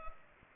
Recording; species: mosquito wingbeat signal from an infrared sensor; Culex pipiens